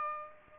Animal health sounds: mosquito wingbeat signal from an infrared sensor; Aedes aegypti

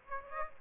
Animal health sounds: mosquito wingbeat signal from an infrared sensor; Aedes aegypti

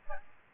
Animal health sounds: mosquito wingbeat signal from an infrared sensor; Aedes albopictus

